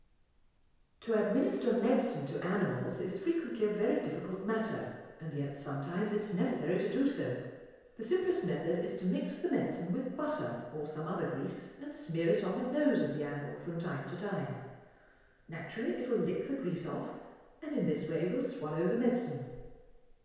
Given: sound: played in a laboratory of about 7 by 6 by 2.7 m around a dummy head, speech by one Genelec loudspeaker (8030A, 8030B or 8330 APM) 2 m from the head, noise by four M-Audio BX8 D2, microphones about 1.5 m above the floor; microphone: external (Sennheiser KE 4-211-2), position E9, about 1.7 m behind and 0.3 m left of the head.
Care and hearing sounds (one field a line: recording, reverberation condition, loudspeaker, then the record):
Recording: female speech in English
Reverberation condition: high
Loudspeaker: 60 degrees to the right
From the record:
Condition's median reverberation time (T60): about 1300 ms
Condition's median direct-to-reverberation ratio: about -4.0 dB